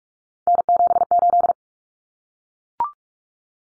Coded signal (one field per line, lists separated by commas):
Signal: Morse code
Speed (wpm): 44 wpm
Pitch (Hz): 700 Hz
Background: none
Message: N78